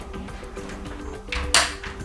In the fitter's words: when you hear both of the clips click that means you've inserted Ram properly